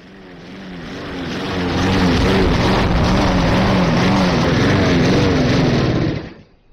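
A neighbour's lawn mower engine drones loudly and steadily with a buzzing, slightly pulsing hum, builds over the first couple of seconds, then cuts out abruptly near the end. No voices.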